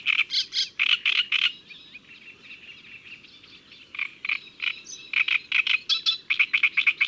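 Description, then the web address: Great reed warbler song with runs of loud, rasping chattering notes, a quieter softer middle section, then renewed harsh repeated syllables. Recorded in May. "Mai La Rousserolle turdoide. les-4-saisons-des-chants-doiseaux"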